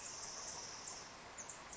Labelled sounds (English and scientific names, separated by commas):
Pacific Wren (Troglodytes pacificus)